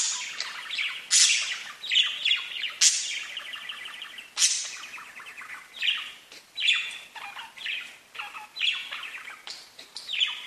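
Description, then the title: Budgerigar chatter with bright, scratchy chirps and loud squawks recurring over a steady warbling background. "Budgie Sounds"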